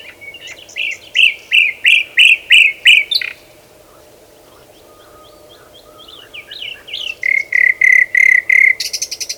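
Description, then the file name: Common nightingale song with rapid loud pulsed rattles, a quiet stretch of soft sliding notes, then another fast rhythmic trill ending in a high buzzy burst. "Luscinia megarhynchos"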